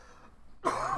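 One short, harsh cough from an adult man recovering from his second COVID infection breaks a near-silent pause; a single isolated cough burst.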